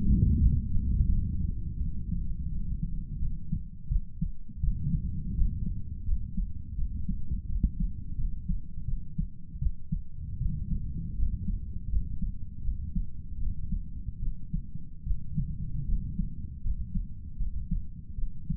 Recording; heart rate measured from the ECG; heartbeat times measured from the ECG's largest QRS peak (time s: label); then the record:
heart sounds by stethoscope; 81 bpm
0.40 s: heartbeat
1.06 s: heartbeat
1.79 s: heartbeat
2.50 s: heartbeat
3.20 s: heartbeat
3.89 s: heartbeat
4.61 s: heartbeat
5.35 s: heartbeat
6.06 s: heartbeat
6.76 s: heartbeat
7.47 s: heartbeat
8.17 s: heartbeat
8.86 s: heartbeat
9.60 s: heartbeat
10.39 s: heartbeat
11.17 s: heartbeat
11.90 s: heartbeat
12.63 s: heartbeat
13.39 s: heartbeat
14.21 s: heartbeat
15.05 s: heartbeat
15.86 s: heartbeat
16.63 s: heartbeat
17.38 s: heartbeat
18.16 s: heartbeat
From the record:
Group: healthy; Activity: rest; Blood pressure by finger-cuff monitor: 123/61 mmHg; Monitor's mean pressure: 79 mmHg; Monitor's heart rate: 83 bpm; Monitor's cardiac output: 8.7 L/min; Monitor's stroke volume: 108 mL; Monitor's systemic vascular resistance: 650 dyn s/cm5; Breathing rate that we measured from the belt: 11 breaths a minute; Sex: male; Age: 35 years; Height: 180 cm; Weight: 86.9 kg